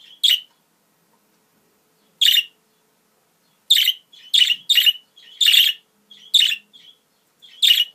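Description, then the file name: Budgerigar calls: harsh, noisy chirps, sparse at first, then a fast irregular run of several notes. Female budgerigar; mixed sounds. "Karisik Sesler Disi Muhabbet Kusu Sesi"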